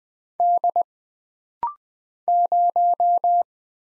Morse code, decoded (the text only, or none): D 0